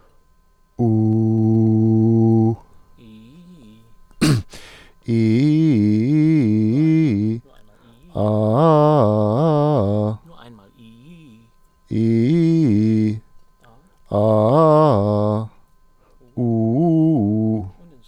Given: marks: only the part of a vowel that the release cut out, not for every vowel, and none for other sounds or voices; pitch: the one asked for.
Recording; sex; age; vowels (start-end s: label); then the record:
sustained vowels; male; 40 to 49 years
0.90-2.39 s: vowel /u/, low pitch
12.00-13.03 s: vowel /i/, low-high-low pitch
14.20-15.31 s: vowel /a/, low-high-low pitch
16.45-17.50 s: vowel /u/, low-high-low pitch
From the record:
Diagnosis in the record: healthy voice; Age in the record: 48 years